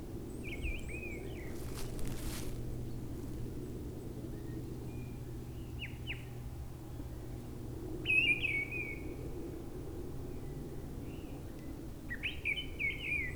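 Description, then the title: Mistle Thrush delivering short whistled phrases with gaps of several seconds, a brief crackling noise early on and a low hum underneath. Brison-Saint-Innocent, France; forest edge, singing perched high in a treetop; frequent aircraft passing from nearby airport; Sunday; grey weather, 10°C. "Brison-Saint-Innocent, France - Grive draine"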